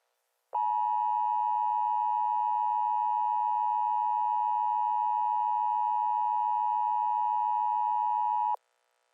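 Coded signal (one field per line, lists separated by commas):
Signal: Emergency Alert System (SAME) tones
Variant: 853 and 960 Hz attention tone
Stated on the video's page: This is a fictional EAS mock.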